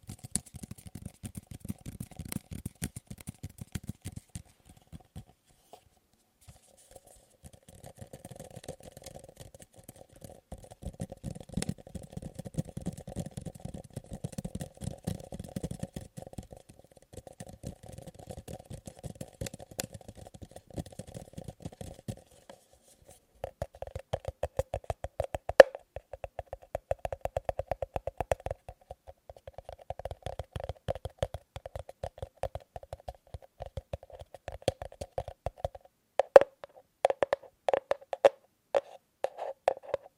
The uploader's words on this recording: ASMR Fast & Slow Tapping on 6 Objects No Talking.